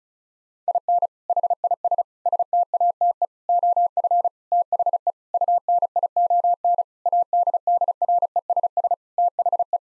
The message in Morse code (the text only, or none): IN HIS STATE OF THE UNION ADDRESS THE